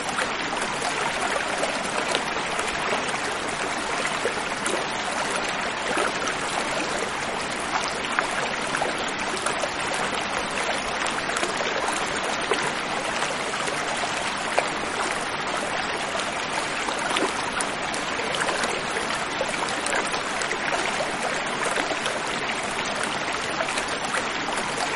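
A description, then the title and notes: A water stream runs steadily and densely throughout, a constant bright rushing with fine splashing detail and no pauses. Water Stream Running.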